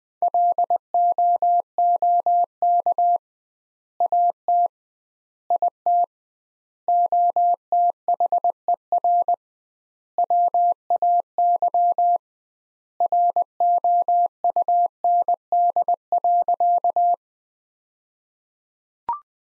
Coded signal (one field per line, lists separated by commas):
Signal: Morse code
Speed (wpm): 20 wpm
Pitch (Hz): 700 Hz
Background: none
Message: LOOK AT IT OTHER WAY ROUND.